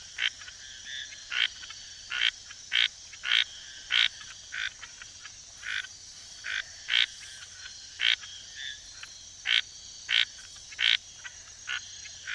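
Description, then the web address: Red-snouted treefrog giving brief rasping notes in an uneven series, roughly one or two per second. Recorded in the Ecuadorian Amazon. "Natures Songs S America Frogs of Ecuadorian Amazon Scinax rubra"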